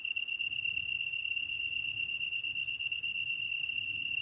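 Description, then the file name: Kantan tree cricket delivers a sustained, level trill. Recorded on 23 August 2010 at 21:22. "kantan-20100823-2122"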